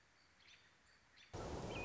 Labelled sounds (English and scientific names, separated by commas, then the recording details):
American Robin (Turdus migratorius)
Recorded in Sonoma County, California